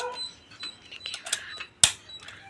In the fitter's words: ஒரு லாக் ஆகிற சவுண்டு கேட்டுச்சுங்களா?